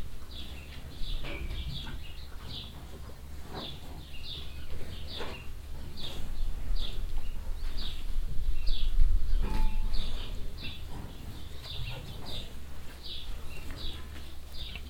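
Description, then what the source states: Cows eating: steady runs of wet smacks and tongue licks, a few clanking knocks, and a persistent low hum underneath. Many cows standing close together at a metal trough in a cowshed in the evening, Wahlhausen; sounds of mouths and tongues, trough rattling metallically as cows move.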